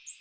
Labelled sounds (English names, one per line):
American Redstart flight call